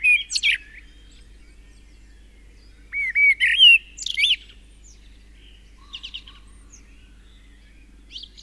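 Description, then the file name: Common blackbird song: a sweet fluted phrase with a high squeak, then a longer rising whistled phrase and a few faint trailing twitters. "Turdus merula"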